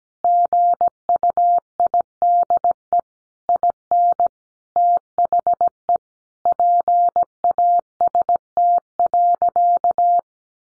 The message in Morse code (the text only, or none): GUIDE IN THE PAST.